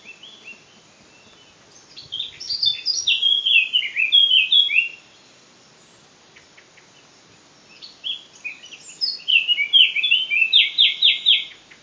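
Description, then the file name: Eurasian blackcap song in two bursts, each a hurried scratchy warble that swings up and down before finishing in a string of bright, fluted whistles. "Sylvia atricapilla"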